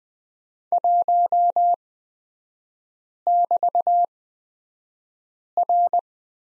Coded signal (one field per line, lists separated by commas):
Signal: Morse code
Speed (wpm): 20 wpm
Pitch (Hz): 700 Hz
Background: none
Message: 1<BT>R